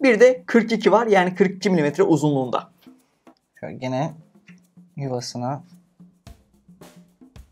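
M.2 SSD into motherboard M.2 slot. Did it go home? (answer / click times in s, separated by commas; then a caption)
no / none. An M.2 SSD is pushed back into the M.2 slot on a motherboard while someone talks, with a few faint taps and a low hum in the pauses. Nothing has seated or clicked yet; it felt not fully seated and no click was heard, so the push is missed.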